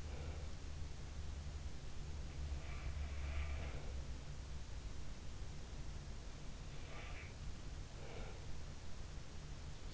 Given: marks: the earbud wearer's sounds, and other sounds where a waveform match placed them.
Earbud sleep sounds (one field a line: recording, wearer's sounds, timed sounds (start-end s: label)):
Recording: sounds in sleep by an in-ear microphone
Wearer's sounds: breath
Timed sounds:
0.00-0.64 s: breath
2.39-3.98 s: sound from someone else or the room
6.68-7.52 s: sound from someone else or the room
7.88-8.58 s: breath